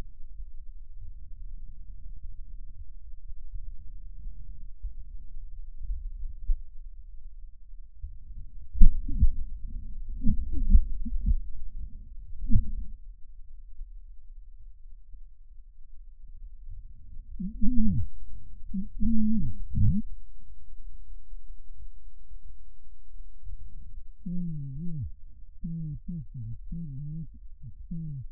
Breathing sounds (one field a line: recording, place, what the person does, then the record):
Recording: lung sounds by stethoscope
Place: left posterior apical chest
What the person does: quiet breathing, then cough and speech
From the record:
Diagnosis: COPD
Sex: male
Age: 75 years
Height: 182 cm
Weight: 98 kg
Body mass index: 29.6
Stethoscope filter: bell mode